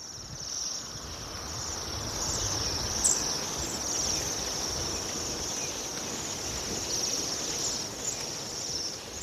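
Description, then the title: Bohemian waxwing: a continuous high, shimmering trill, steady throughout, over a broad soft background hiss. "Viikon luontoääni: Tilhi"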